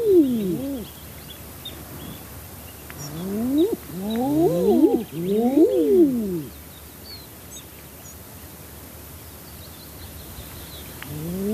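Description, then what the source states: Common Eider courtship coos, rising and falling moans: one at the start, a cluster of overlapping coos in the middle, then a pause and another starting at the end. Eiders, including drakes, communicating with each other.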